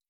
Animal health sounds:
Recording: hydrophone in a shrimp aquaculture tank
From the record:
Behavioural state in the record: stressed

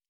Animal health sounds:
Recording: hydrophone in a shrimp aquaculture tank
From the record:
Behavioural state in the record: normal

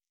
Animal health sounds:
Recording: hydrophone in a shrimp aquaculture tank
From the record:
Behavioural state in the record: stressed

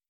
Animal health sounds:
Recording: hydrophone in a shrimp aquaculture tank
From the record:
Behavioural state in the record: stressed

